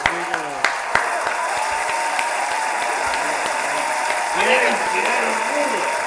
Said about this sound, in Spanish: Oh, aplaude